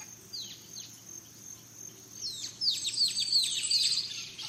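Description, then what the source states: Birds: bird chorus, sparse high chirps at first, then a dense burst of rapid descending chirps and twittering notes in the second half, over a constant high hiss. Dawn chorus of birds in rainforest at Gran Sabana, Venezuela.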